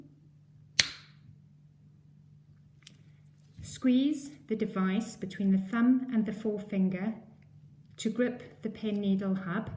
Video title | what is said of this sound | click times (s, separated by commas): How to use UniGuard | forward until it clicks again | 0.8 s